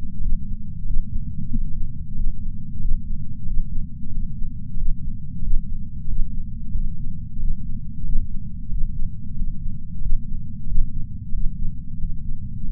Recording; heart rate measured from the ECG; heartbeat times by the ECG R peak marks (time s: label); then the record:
heart sounds by patch sensor on the chest; 92 bpm
0.20 s: heartbeat
0.84 s: heartbeat
1.49 s: heartbeat
2.14 s: heartbeat
2.79 s: heartbeat
3.45 s: heartbeat
4.10 s: heartbeat
4.76 s: heartbeat
5.41 s: heartbeat
6.07 s: heartbeat
6.73 s: heartbeat
7.38 s: heartbeat
8.03 s: heartbeat
8.69 s: heartbeat
9.35 s: heartbeat
10.00 s: heartbeat
10.65 s: heartbeat
11.32 s: heartbeat
11.97 s: heartbeat
12.63 s: heartbeat
From the record:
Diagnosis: coronary artery disease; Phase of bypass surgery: postoperative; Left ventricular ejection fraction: 63.8%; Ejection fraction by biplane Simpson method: 63.7%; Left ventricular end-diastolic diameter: 46 mm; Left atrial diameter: 36 mm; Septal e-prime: 6 cm/s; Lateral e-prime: 8.7 cm/s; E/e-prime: 11.2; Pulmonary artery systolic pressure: 20 mmHg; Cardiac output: 4.6 L/min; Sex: male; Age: 58 years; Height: 170 cm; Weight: 80 kg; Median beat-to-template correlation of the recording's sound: 0.85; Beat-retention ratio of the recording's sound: 0.99